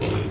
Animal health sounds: contact call of a hoofed animal; pig; closed-mouth grunt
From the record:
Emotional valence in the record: positive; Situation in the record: food and toys in familiar pen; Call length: 0.31 s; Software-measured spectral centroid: 2050 Hz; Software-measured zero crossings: 1290 a second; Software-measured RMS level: -24 dBFS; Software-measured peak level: -14 dBFS

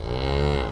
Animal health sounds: contact call of a hoofed animal; cattle; low-frequency (closed-mouth) or high-frequency (open-mouth) call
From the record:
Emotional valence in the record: negative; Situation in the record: physical separation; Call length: 0.72 s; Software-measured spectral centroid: 1610 Hz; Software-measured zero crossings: 1200 a second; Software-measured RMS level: -24 dBFS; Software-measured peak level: -8 dBFS

